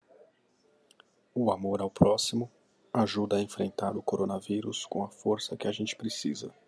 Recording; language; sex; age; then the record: spoken sentence; Brazilian Portuguese; male; 30 to 39 years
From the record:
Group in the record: control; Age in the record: 34 years